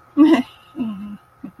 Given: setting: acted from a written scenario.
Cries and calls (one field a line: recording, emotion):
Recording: vocal sound without words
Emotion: embarrassment